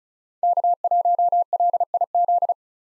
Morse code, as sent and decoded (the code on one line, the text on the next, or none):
-.- .---- .-.. .. --..
K1LIZ